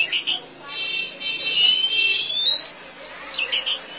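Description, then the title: Oriental magpie-robin song, a run of high whistled and buzzy phrases with one long rising whistle past the middle, over faint background hiss. Kacer song. "Suara Kicauan Burung Kacer Durasi Panjang"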